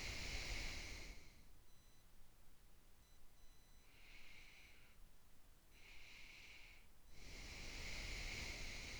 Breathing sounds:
nose breathing near a microphone
0.00-1.60 s: exhalation
3.74-5.13 s: inhalation
5.62-9.00 s: exhalation
From the record:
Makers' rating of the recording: medium

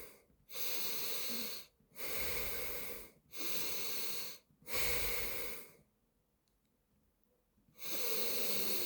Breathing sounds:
nose breathing near a microphone
0.20-1.70 s: inhalation
1.70-3.05 s: exhalation
3.05-4.40 s: inhalation
4.40-5.60 s: exhalation
7.45-8.86 s: inhalation
From the record:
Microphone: phone

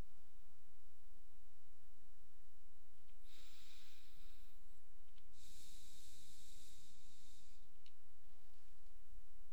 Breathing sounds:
nose breathing near a microphone
3.01-5.11 s: exhalation
5.11-7.76 s: inhalation
From the record:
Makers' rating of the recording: medium

